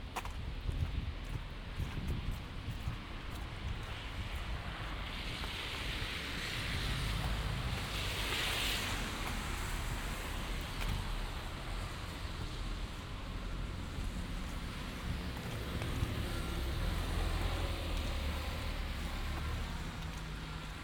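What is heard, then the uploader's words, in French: A winter walk through Montreal, heard as a steady, dense roar of street traffic with a heavy low rumble underneath. Around the eighth second a brighter whoosh swells and fades, like a vehicle passing, while wind gusts buffet the microphone throughout. Balade binaural dans le Montréal de l'hiver.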